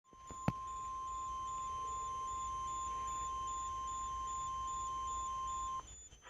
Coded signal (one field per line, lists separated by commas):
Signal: Emergency Alert System (SAME) tones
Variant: 1050 Hz attention tone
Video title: AND THE FFWS KEEP GOING... | EAS #21 (FFW)